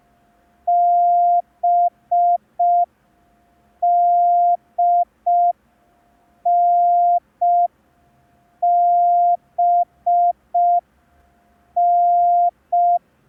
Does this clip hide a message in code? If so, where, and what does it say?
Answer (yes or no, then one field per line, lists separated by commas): yes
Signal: Morse code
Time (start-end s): 0.7-13.0 s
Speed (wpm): 5 wpm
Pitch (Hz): 700 Hz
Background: none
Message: BDNBN